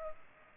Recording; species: mosquito wingbeat signal from an infrared sensor; Culex pipiens